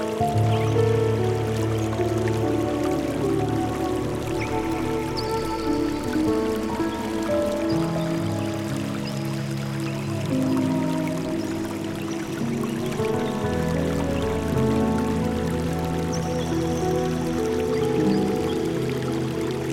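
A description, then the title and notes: Soft, steady instrumental music with sustained low and mid notes plays over a gentle, even rush of river water throughout. The gentle sound of the river. The music selection features soft instrumental pieces, such as the piano, that complement the natural sound of the river.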